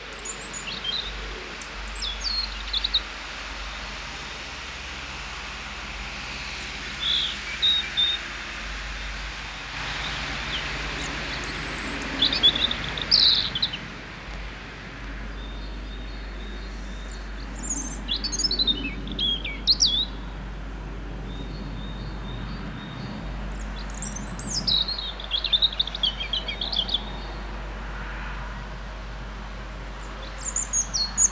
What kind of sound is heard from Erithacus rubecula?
song